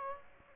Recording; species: mosquito wingbeat signal from an infrared sensor; Aedes aegypti